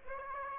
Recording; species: mosquito wingbeat signal from an infrared sensor; Aedes aegypti